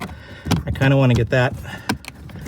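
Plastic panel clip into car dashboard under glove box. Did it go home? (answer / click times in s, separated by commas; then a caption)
yes / 2.1 s. While changing the cabin air filters on a Tesla, one clip of the plastic trim panel under the glove box is pushed into the car dashboard as someone talks. A short, sharp snap at 2.1 s marks the clip locking into place.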